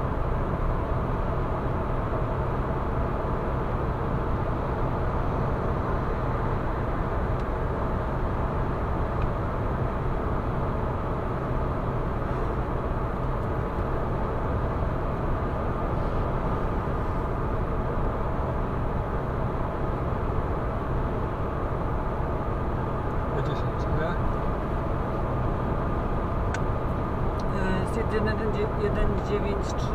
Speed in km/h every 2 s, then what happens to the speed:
115, 115, 115, 115, 115, 115, 115, 115, 115, 115, 115, 115, 115, 115, 115.
0-30 steady at about 115.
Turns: none.